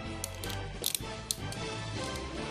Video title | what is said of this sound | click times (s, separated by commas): Z Achilles A4 vs Hyrus H2 HASBRO BATTLE! Beyblade burst Evolution vs Beyblade Burst Turbo match! | can hear it clicking can't you | 0.2 s, 0.9 s, 1.0 s, 1.3 s